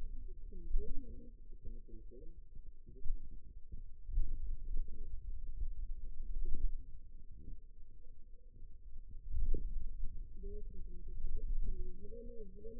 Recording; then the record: forearm muscle sounds (acoustic myography)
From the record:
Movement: finger pinch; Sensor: system 2, bracelet of six BSWA MPA416 microphones around the upper forearm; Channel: 3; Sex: female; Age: 21 years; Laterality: right